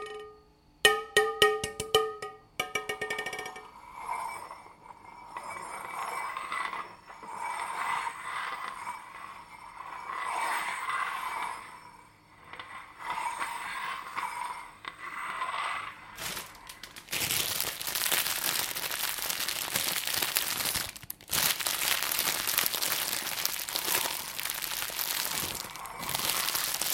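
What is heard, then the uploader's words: Sharp clinks of a cup and glass on a hard countertop open, then steady crinkling of a wrapper, ending in loud, dense crackling. Tiles, marble top and kitchen implements.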